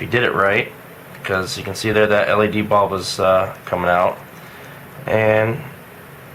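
A plastic HUD dimmer switch housing for a 2004–2008 Pontiac Grand Prix, fitted with a new LED bulb replacing a burnt-out one, is handled as it is lined up to go into its switch body/bezel while someone talks. Nothing has seated or clicked yet; the housing is not home by the end of the clip.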